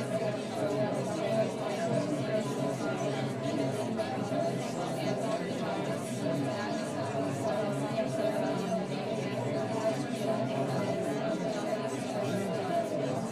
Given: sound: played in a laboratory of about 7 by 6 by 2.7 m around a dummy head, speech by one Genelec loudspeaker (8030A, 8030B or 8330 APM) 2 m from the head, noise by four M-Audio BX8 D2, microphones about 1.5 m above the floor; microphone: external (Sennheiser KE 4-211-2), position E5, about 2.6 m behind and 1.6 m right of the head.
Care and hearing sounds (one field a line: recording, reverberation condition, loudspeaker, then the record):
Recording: babble noise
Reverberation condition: low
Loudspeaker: four, about 170 cm from the corners of the room and facing them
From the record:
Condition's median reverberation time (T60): about 310 ms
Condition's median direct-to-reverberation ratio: about 3.5 dB